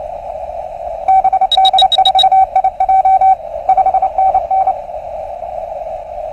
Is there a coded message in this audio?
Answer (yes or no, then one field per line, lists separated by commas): yes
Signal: Morse code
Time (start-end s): 1.1-4.7 s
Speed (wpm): 28 wpm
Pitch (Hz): 760 Hz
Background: radio noise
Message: BD4IJ 5NN